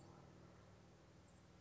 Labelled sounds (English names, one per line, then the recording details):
Chestnut-backed Chickadee
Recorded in Sonoma County, California